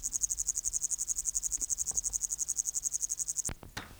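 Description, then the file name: Upland green bush-cricket song, fast high buzzy pulses that stop abruptly after three and a half seconds, followed by a couple of sharp knocks. "Tettigonia cantans"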